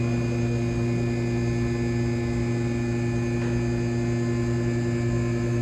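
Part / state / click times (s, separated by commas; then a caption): safety latches on a vehicle lift's arms/posts / not seated / none. A vehicle is being raised on a two-post car lift, and its metal safety latches on the lift arms and posts have not yet dropped into their locks. A steady mains hum and buzz runs throughout, with no clicks. Nothing has seated or clicked yet.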